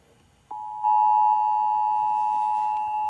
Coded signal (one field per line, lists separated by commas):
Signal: Emergency Alert System (SAME) tones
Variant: 853 and 960 Hz attention tone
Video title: (EAS 355) Child Abduction Emergency